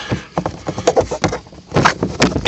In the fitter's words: it just snaps back in